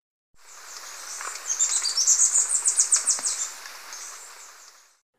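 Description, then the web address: Violet-tailed sylph producing a rapid string of sharp, high buzzy notes that swells in volume and then trails off. Recorded in Ecuador. "Birds of Ecuador. Violet-tailed Sylph"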